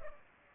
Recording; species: mosquito wingbeat signal from an infrared sensor; Culex pipiens